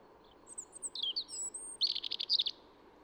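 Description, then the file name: European robin singing a short high phrase of thin whistles and squeaky notes, ending in a rapid stuttering burst, over a steady low rumble. "Erithacus rubecula"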